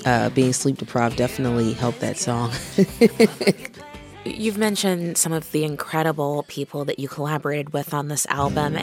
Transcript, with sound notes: being sleep deprived definitely helped that song (laughter)
You've mentioned some of the incredible people that you collaborated with on this album.